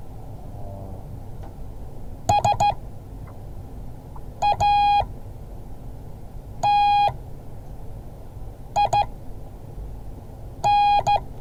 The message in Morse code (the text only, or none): SATIN